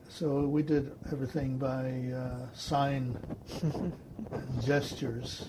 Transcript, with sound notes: So we did everything by sign (laughs) and gestures.